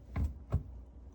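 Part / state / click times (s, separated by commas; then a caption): filter assembly into dishwasher sump / seated / 0.2 s. A cleaned plastic filter assembly is pushed back into the dishwasher floor, into the sump, and clicks into place at 0.2 s, followed by a second softer knock at 0.5 s. The filter is seated and locked in.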